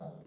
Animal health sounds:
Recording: pig call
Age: piglet (1 to 25 days)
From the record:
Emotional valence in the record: negative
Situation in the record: long isolation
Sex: female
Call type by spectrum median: low-frequency call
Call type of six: low-frequency stable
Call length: 0.26 s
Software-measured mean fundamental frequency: 75 Hz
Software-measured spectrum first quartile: 169 Hz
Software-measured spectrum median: 389 Hz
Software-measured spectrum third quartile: 684 Hz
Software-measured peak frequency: 170 Hz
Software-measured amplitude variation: 143 dB a second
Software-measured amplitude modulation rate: 23.0 a second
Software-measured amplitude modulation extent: 6.2 dB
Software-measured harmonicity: 4.1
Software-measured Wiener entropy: 0.03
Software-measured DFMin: 570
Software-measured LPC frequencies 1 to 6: 655, 3651, 5069, 5825, 6497, 7091 Hz

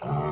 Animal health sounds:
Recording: pig call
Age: weaner (32 to 43 days)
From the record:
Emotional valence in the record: negative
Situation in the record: long isolation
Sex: female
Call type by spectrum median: low-frequency call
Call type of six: low-frequency modulated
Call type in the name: low-frequency modulated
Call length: 0.32 s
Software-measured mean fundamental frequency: 72 Hz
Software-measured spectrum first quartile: 191 Hz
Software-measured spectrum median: 449 Hz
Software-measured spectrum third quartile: 1016 Hz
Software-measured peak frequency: 148 Hz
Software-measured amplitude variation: 75 dB a second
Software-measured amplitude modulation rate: 9.3 a second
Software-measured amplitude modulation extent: 8.0 dB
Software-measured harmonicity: -0.3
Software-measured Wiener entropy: -0.66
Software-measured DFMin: 585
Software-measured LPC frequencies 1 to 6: 698, 1217, 2138, 2930, 3647, 5017 Hz

